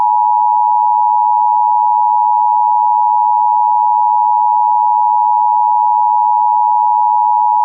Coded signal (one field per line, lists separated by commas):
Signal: Emergency Alert System (SAME) tones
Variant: 853 and 960 Hz attention tone